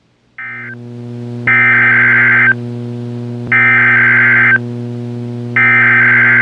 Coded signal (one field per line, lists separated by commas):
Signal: Emergency Alert System (SAME) tones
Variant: header bursts